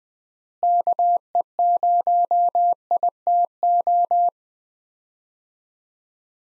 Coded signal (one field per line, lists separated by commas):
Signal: Morse code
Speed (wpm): 21 wpm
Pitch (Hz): 700 Hz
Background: none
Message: KE0ITO